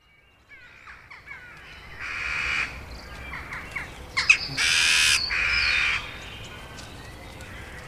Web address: agykontroll Madardalok Cd 2. Csóka